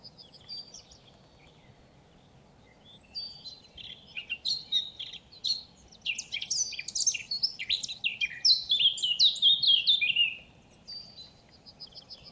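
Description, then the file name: Eurasian blackcap song: after a quiet start, a chattering warble builds over several seconds into a loud, clear fluty flourish, then stops abruptly. "Sylvia atricapilla"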